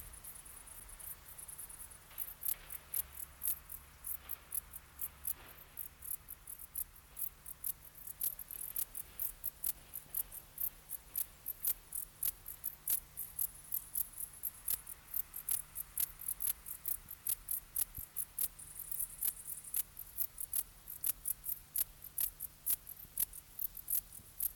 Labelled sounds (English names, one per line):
Bog Bush-cricket stridulation